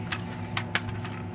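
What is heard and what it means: A plastic chrome trim piece is pushed by hand back into a headlight housing over a steady low hum, with a faint tap at 0.1 s. Two sharp clicks follow at 0.6 s and 0.8 s as the trim piece snaps back into place, fully seated.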